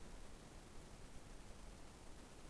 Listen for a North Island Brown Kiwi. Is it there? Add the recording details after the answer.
no. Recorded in New Zealand on 21 November 2014. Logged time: 02:28. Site CL78